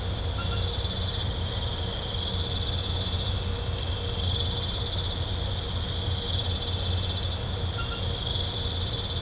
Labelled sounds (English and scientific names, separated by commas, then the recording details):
none
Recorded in pastures near Puerto Asís, Putumayo, Colombia, on 21 December 2024 at 20:00
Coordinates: 0.502, -76.324
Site G077